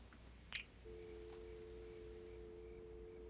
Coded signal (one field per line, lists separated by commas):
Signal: telephone call progress tone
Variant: North America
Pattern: dial tone